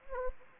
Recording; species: mosquito wingbeat signal from an infrared sensor; Anopheles gambiae